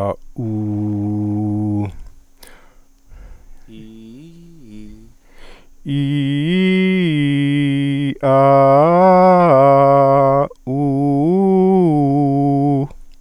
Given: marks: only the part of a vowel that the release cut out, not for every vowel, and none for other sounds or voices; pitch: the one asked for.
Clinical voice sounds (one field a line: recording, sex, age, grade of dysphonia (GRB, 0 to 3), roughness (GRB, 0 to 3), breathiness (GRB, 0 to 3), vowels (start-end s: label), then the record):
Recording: sustained vowels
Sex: male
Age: 60 to 69 years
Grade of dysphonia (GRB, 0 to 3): 0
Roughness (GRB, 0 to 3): 0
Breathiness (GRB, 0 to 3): 0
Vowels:
0.51-1.74 s: vowel /u/, low pitch
5.97-7.96 s: vowel /i/, low-high-low pitch
8.37-10.35 s: vowel /a/, low-high-low pitch
10.80-12.70 s: vowel /u/, low-high-low pitch
From the record:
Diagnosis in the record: healthy voice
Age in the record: 66 years